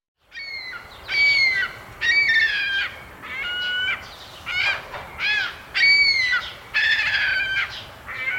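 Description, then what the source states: Ring-billed Gull giving harsh, squealing calls, roughly one a second in an uneven series. Recorded at Carden Alvar in August 2026.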